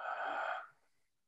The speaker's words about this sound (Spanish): Toma una respiración muy profunda, así. Y suelta el aire.